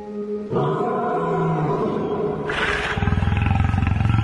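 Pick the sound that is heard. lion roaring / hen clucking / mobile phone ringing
lion roaring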